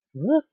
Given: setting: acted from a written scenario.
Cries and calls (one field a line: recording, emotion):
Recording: vocal sound without words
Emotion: confusion